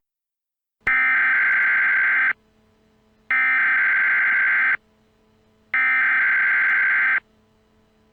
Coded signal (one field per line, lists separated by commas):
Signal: Emergency Alert System (SAME) tones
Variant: header bursts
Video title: EAS scenario: Shadow Demons 2 The Possession